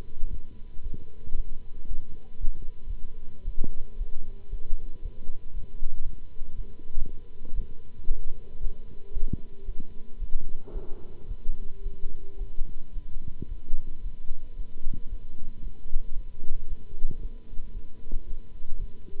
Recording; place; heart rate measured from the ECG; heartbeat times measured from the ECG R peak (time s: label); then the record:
heart sounds by stethoscope; between the tricuspid and mitral areas; 114 bpm
0.29 s: heartbeat
0.81 s: heartbeat
1.34 s: heartbeat
1.87 s: heartbeat
2.39 s: heartbeat
2.85 s: heartbeat
3.44 s: heartbeat
3.97 s: heartbeat
4.49 s: heartbeat
5.01 s: heartbeat
5.53 s: heartbeat
6.04 s: heartbeat
6.55 s: heartbeat
6.95 s: heartbeat
7.54 s: heartbeat
8.07 s: heartbeat
8.59 s: heartbeat
9.11 s: heartbeat
9.64 s: heartbeat
10.18 s: heartbeat
10.72 s: heartbeat
11.27 s: heartbeat
11.82 s: heartbeat
12.37 s: heartbeat
12.93 s: heartbeat
13.47 s: heartbeat
14.02 s: heartbeat
14.55 s: heartbeat
15.08 s: heartbeat
15.61 s: heartbeat
16.14 s: heartbeat
16.67 s: heartbeat
17.20 s: heartbeat
17.73 s: heartbeat
18.25 s: heartbeat
18.78 s: heartbeat
From the record:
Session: Bruce protocol treadmill stress test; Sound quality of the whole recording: good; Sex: male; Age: 26 years